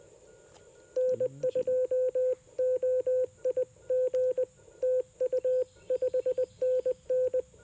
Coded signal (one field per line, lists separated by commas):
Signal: Morse code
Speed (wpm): 20 wpm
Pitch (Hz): 510 Hz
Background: radio noise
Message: N2OIG TU 5NN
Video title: Homebrew QRP Transceiver and TennTennas EFHW Shine in Labor Day POTA Activation!